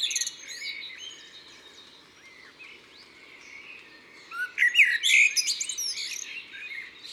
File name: Merle noir ABC des chants doiseaux